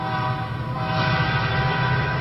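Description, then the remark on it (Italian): In a film scene, a train rumbles past with a steady, loud low roar, while a sustained horn blares over it, its tonal layers holding through the whole stretch without any talking. “Questo è uno dei momenti più intimi del film, quando appunto Jake Gyllenhaal sul famoso treno, che non è dei desideri in questo caso, ma è un treno che esploderà da un momento all'altro, si innamora di Michelle Monaghan”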